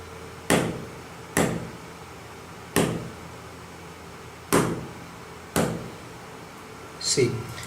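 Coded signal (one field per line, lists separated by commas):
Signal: tap code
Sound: six single knocks on a hard surface, unevenly spaced, in a quiet room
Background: quiet room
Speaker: नॉक इन सम एनी अदर पैटर्न सी द एलईडी नाउ वहि क्लोज दिस रेड इन कलर व्हिच शोज दैट द पैटर्न ऑफ द लॉक्स वाज नॉट द वन व्हिच आई हैड स्टोर्ड इन द प्रोग्राम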